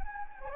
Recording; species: mosquito wingbeat signal from an infrared sensor; Anopheles gambiae